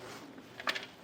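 A tilted metal RockyMounts GuideRail hitch bike rack for two bikes, mounted on a 2022 Nissan Rogue, is being lifted back toward its upright position on the hitch mount. Quiet handling noise is followed by a brief cluster of sharp knocks around 0.6 s and 0.7 s. The tilt latch has not clicked into place yet.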